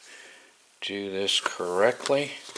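Someone talks while the plastic air cleaner cover for a Honda string trimmer engine is handled, hooked on at the bottom before being swung forward into place. A brief sharp sound comes right at the end, but nothing has seated or clicked yet.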